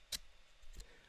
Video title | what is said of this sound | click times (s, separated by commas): #PaintItPink - 28/1/21 Live Stream | mechanism just slides right in gives you a little click | 0.2 s